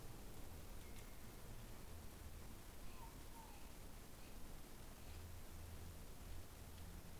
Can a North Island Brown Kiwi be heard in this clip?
no